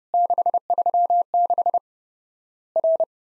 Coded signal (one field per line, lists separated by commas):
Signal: Morse code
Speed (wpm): 30 wpm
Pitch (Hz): 700 Hz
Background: none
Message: 636 R